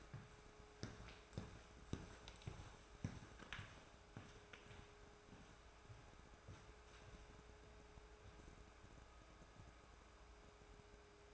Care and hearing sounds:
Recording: daily activity, microphone in the room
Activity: walk to room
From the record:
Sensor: 2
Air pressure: 1010.3 hPa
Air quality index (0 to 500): 160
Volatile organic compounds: 7 ppm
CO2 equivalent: 2006 ppm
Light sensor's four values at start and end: 42/101/46/53 and 43/105/47/54

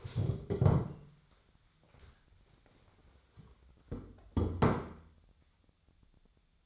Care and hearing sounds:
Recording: daily activity, microphone in the room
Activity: stand up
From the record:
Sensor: 3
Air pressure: 1015.2 hPa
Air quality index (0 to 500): 164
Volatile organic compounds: 12 ppm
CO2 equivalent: 2349 ppm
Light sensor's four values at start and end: 15/39/16/17 and 15/39/16/17

